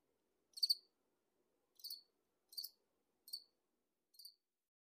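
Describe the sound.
Cricket giving five separate high, buzzy pulsed chirps spaced about a second apart, with silence between them.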